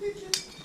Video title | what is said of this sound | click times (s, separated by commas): 항공정비사 기체실습 제 1강 튜브벤딩(Tube bending) 기존벤더 (기능사/산업기사) | 세 번 헛돌았어요. 그러면 그냥 풀어주시면 됩니다. | 0.3 s